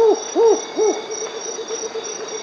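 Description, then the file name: Mottled owl giving three loud, arched, gruff hoots in quick succession, then a run of softer repeated hoots, with steady high-pitched insect drone throughout. Recorded in Peru. "Mottled Owl (Ciccaba virgata), Peru"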